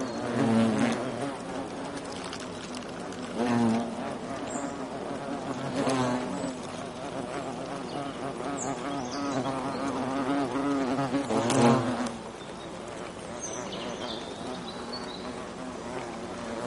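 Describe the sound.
European hornet buzz, a low droning hum that swells and fades repeatedly.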